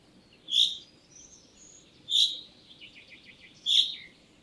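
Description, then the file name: Common chaffinch repeating a sharp, metallic call note three times at steady intervals, with faint, thin twittering in the background. "Fringilla coelebs"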